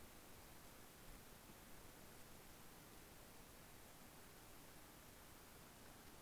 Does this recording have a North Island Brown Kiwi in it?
no